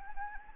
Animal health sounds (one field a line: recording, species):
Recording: mosquito wingbeat signal from an infrared sensor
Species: Anopheles arabiensis